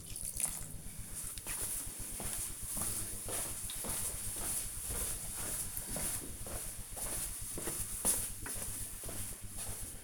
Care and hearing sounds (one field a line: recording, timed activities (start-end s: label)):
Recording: household activities, microphone on the right wrist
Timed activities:
0.00-10.04 s: watering plant